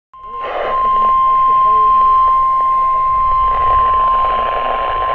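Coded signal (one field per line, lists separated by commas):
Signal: Emergency Alert System (SAME) tones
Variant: 1050 Hz attention tone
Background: speech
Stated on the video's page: Real EAS alerts filmed on a digital camera.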